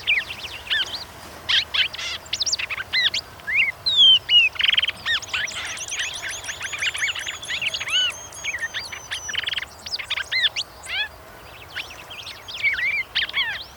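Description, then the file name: Red-crested cardinal song: rapid chattering run of sharp slurred whistles and buzzy bursts, with arched rising-falling notes, the busiest stretch mid-way through. "suara angry bird red crested cardinal jeremy minns"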